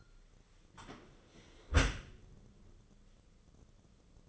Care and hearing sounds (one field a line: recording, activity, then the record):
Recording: daily activity, microphone in the room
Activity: close dishwasher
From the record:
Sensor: 4